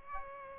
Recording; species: mosquito wingbeat signal from an infrared sensor; Aedes aegypti